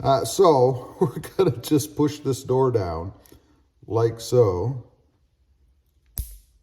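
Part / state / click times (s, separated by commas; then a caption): quick splice door closing onto wires / partly seated / 6.2 s. Someone talks while squeezing the door of a plastic quick-splice (scotch lock) wire connector down with pliers over two wires. At 6.2 s it gives a sharp first click as it pushes down on the metal blade, with one more notch still to go.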